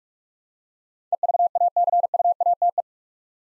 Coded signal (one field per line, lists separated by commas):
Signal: Morse code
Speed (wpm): 46 wpm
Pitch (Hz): 700 Hz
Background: none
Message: EVACUATE